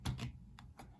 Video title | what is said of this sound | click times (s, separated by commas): Lego Ford GT40 MOC Porsche 911 10295 Creator Expert Alternate B Model Alt Build | There you go. Nice click. | 0.1 s